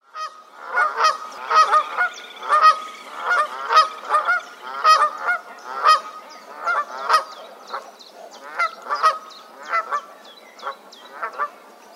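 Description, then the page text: Canada goose: canada geese honking busily, overlapping nasal honks in rapid bursts, several callers at once, with high twittering birds faintly in the background. "Herman van der Meer - Канадская казарка (Branta canadensis)"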